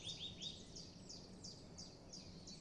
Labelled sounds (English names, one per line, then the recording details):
Common Chiffchaff
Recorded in Germany
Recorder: ecoPi